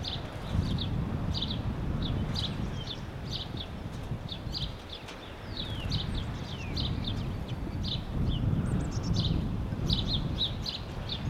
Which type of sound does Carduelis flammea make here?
call